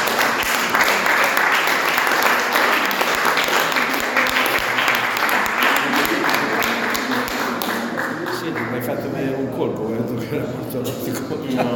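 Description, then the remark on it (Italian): A crowd applauds steadily at a book presentation at a foundation, the applause dedicated to the late author Alessandro Borgia. It is a dense patter of many hands clapping that stays loud and sustained, thinning slightly toward the end while voices murmur faintly underneath. “di dedicare un applauso soprattutto a un autore che appunto non c'è più, ma di cui trovate qui due copertine, non a caso, proprio per la sua centralità, che è Alessandro Borgia.”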